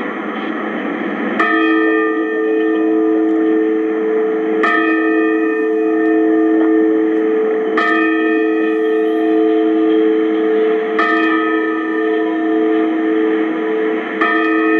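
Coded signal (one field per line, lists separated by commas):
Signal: clock strike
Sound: slow, deep bell strikes about three seconds apart, each ringing on; five heard before the clip ends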